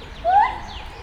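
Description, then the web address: White-handed gibbon whoop: one short, clear rising note that swoops upward and then fades, over a faint low rumble. Captive animal at a zoo in Nyíregyháza, Hungary, 2019, professional equipment; car traffic in the background. "nyiregyhazizoo 2019 feherkezu gibbon hatterbenautoforgalom nyiregyhaza"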